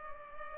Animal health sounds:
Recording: mosquito wingbeat signal from an infrared sensor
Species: Culex pipiens

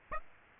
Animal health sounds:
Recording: mosquito wingbeat signal from an infrared sensor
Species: Aedes aegypti

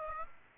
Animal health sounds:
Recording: mosquito wingbeat signal from an infrared sensor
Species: Aedes aegypti

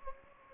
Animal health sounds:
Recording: mosquito wingbeat signal from an infrared sensor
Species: Anopheles gambiae

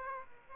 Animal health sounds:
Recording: mosquito wingbeat signal from an infrared sensor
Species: Aedes aegypti

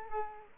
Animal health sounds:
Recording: mosquito wingbeat signal from an infrared sensor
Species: Culex quinquefasciatus

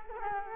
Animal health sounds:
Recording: mosquito wingbeat signal from an infrared sensor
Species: Culex quinquefasciatus

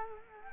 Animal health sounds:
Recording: mosquito wingbeat signal from an infrared sensor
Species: Culex quinquefasciatus

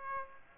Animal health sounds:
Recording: mosquito wingbeat signal from an infrared sensor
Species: Aedes aegypti

